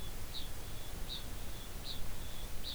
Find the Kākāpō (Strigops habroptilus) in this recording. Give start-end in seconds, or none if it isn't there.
0.00-2.74